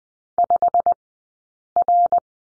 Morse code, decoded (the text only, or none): 5R